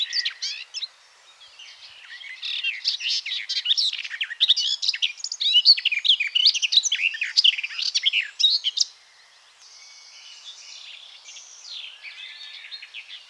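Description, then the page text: Garden warbler song, a long, even flow of rapid chattering and warbling notes running for about nine seconds, followed by softer, quieter warbling. "Garden Warbler Song. Quick Sounds"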